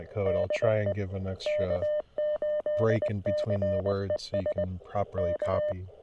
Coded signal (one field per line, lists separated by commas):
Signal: Morse code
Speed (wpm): 20 wpm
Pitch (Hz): 600 Hz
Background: speech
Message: DE K8CES EK